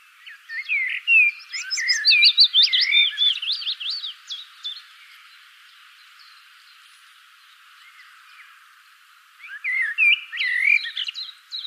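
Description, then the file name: Common blackbird song, a long warbling run of fluty and squeaky notes over the first five seconds, a quiet spell, then another twittering phrase near the end. "Turdus merula"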